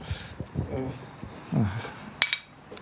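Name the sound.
glasses clinking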